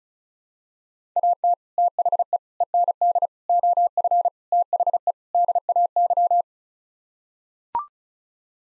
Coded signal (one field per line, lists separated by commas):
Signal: Morse code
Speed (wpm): 34 wpm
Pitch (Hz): 700 Hz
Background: none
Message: AT THE END OF THE DAY